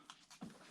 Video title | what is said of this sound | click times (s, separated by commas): Samsung 28" UE590 4K Monitor Unboxing & Test. UHD 4K Gaming Monitor. | it just yeah just snaps into place that's cool alright | 0.1 s